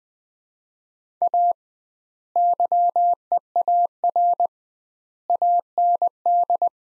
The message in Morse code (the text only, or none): A YEAR AND